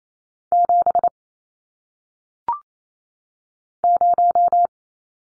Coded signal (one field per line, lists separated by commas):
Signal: Morse code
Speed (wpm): 28 wpm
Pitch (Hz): 700 Hz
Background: none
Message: 7 0